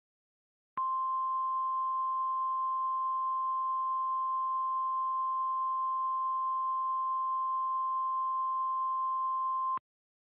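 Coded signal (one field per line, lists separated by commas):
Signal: Emergency Alert System (SAME) tones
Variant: 1050 Hz attention tone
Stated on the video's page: Fictional EAS scenario.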